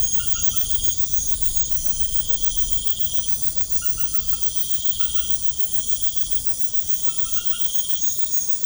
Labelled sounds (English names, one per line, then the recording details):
none
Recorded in pastures near Puerto Asís, Putumayo, Colombia, on 21 March 2025 at 21:30
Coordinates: 0.505, -76.324
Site GP08